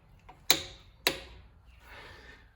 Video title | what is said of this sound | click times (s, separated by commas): Best Cheap Click Torque Wrench Review | handle doesn't move very much, but that little click signals that the torque is enough for | 0.5 s, 1.1 s